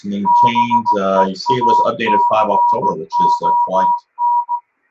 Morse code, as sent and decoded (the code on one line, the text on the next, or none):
-... . .- -.-. --- -.
BEACON